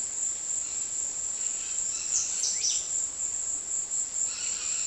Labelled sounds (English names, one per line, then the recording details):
Dusky-headed Parakeet
unidentified bird
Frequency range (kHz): unidentified bird 2.2-11.5 kHz
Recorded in secondary vegetation near Puerto Asís, Putumayo, Colombia, on 20 February 2024 at 15:00
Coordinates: 0.472, -76.331
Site G6371